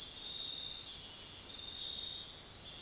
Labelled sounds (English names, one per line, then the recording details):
none
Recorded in dense forest near Puerto Asís, Putumayo, Colombia, on 13 March 2025 at 03:30
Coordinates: 0.499, -76.324
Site GP03